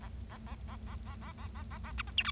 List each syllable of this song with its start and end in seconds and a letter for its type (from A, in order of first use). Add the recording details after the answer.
0.01-0.08 A, 0.30-0.37 A, 0.46-0.55 A, 0.68-0.76 A, 0.87-0.95 A, 1.06-1.15 A, 1.21-1.32 A, 1.38-1.47 A, 1.55-1.63 A, 1.71-1.78 A, 1.84-1.92 A, 1.98-2.02 B, 2.07-2.10 C, 2.17-2.23 D, 2.25-2.31 E. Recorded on 25 March 2012 at 19:45. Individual gy6or6